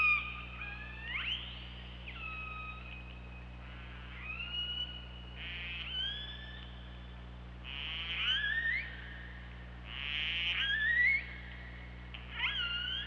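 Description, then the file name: Orca pulsed calls, harmonic and squealing, with rising and flat tones in bursts every couple of seconds over a steady low underwater hum. OrcaLab hydrophone, 24 August 2017, 23:36. "Orca Lab UTLN JASON 20170824 233652"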